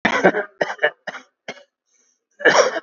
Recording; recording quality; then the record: shallow voluntary cough; excellent, no background noise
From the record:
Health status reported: COVID-19 positive, moderate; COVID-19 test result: positive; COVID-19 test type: RT-PCR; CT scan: taken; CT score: 11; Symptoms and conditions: cough, cold, breathing difficulty, sore throat, loss of smell and taste, diarrhoea, hypertension, diabetes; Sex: male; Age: 77 years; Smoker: no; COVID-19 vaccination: both doses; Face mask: worn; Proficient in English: yes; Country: India